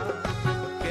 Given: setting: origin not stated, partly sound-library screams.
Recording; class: one-second piece from a danger detection set; normal situation